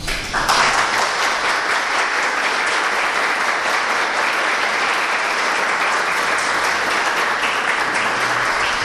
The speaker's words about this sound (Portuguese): Essas palmas ficam para o nosso querido Pedro